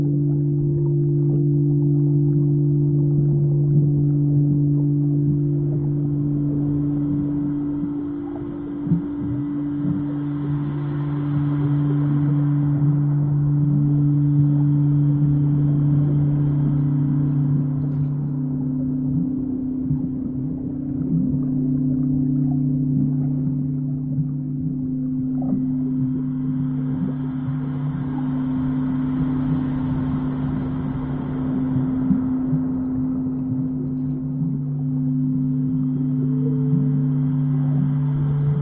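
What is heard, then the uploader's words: Singing bowls hum in long, steady low tones that hold for the whole clip, layered over a deep, murky underwater rumble. A soft, airy shimmer swells and fades twice, around ten and thirty seconds, while faint clicks and crackles scatter through the background. Soundscape singing bowls, deep sea healing on the Great Barrier Reef.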